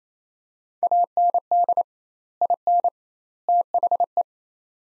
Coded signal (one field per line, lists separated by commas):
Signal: Morse code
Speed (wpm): 28 wpm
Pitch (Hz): 700 Hz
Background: none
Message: AND IN THE